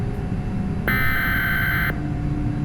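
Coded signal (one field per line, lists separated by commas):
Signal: Emergency Alert System (SAME) tones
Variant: header bursts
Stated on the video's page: Mock EAS alert, not a real activation.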